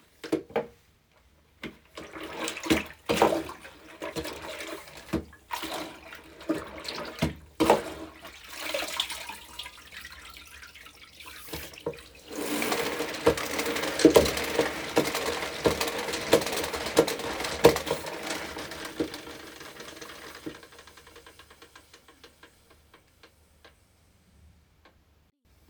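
A mop is washed. The first half brings scattered knocks, clatters and splashes. Around the middle, a dense rush of water and wringing sloshes takes over for several seconds, then fades out after about twenty seconds, leaving a few light taps.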